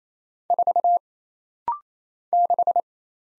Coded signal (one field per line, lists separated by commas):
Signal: Morse code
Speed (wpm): 27 wpm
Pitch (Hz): 700 Hz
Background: none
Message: 4 6